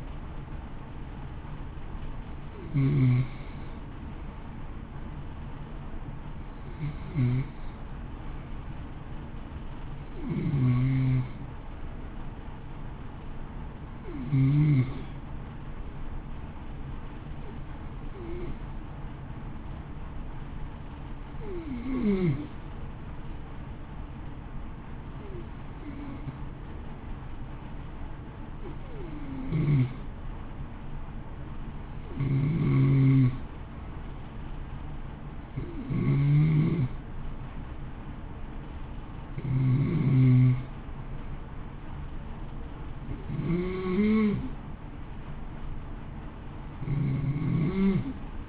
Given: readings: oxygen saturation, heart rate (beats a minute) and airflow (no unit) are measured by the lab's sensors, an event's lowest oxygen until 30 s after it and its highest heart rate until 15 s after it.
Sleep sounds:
breathing in sleep by a smartphone at the bedside; 1
24.00-35.10 s: hypopnea (N2, oxygen 93% highest, then 90% lowest, heart rate 57 at the start, 57 highest)
From the record:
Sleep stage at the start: N2 (light sleep); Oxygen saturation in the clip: 91 to 93%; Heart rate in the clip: 54 to 57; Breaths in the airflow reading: 15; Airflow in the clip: -0.7 to 0.8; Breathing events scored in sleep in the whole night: 328 in 6.3 hours asleep

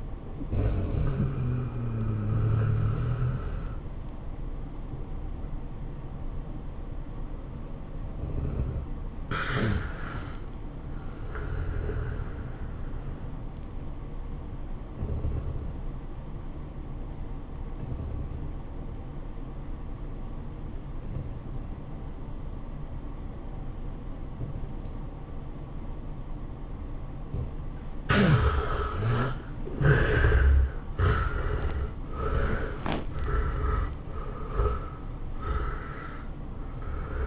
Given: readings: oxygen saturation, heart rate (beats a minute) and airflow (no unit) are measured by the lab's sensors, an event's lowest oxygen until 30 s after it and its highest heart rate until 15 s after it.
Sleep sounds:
breathing in sleep by a smartphone at the bedside; 1
15.00-28.40 s: obstructive apnea (REM, oxygen 96% highest, then 73% lowest, heart rate 106 at the start, 113 highest)
From the record:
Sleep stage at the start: REM sleep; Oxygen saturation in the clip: 69 to 96%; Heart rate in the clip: 97 to 115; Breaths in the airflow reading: 8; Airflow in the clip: -14.0 to 9.6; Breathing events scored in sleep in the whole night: 403 in 5.5 hours asleep

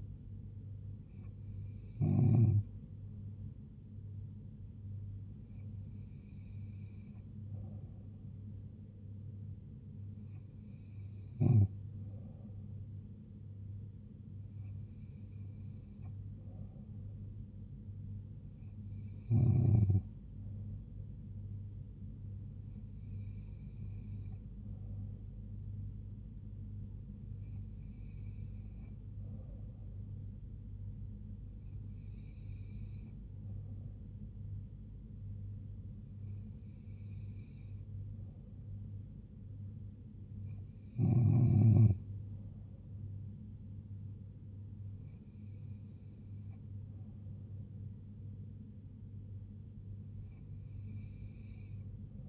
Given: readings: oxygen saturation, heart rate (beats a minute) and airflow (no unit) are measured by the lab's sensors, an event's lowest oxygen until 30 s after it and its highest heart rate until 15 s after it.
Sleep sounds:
breathing in sleep by a smartphone at the bedside; none
none scored
From the record:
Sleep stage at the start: N3 (deep sleep); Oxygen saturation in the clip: 94 to 95%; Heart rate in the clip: 70 to 76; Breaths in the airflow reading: 12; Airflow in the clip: -3.0 to 1.9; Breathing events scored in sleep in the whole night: 158 in 7.3 hours asleep

